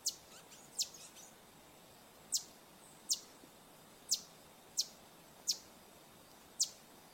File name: Canto do sai verde